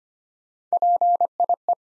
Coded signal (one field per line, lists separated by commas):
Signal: Morse code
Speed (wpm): 26 wpm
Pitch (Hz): 700 Hz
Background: none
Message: PIE